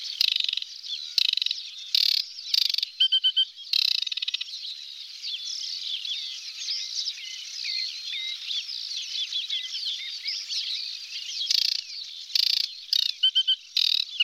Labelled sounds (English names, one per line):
Aquatic Warbler song